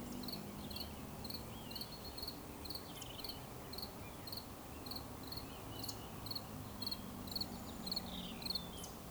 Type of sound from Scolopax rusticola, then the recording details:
whistle. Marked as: whistle, whistle, whistle, whistle. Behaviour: display flight. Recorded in Baden-Württemberg, Germany, on 11 June 2020 at 19:30 UTC. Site 24578, 122 m above sea level